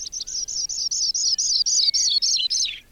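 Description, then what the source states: Sprague's Pipit song: a thin, high, tinkling series of about a dozen jingling notes that holds its pitch for about two seconds, then descends over the last notes. Breeds on the prairies of the northern Great Plains; winters in central Mexico.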